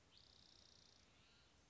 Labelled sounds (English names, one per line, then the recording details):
Spotted Towhee
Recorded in Sonoma County, California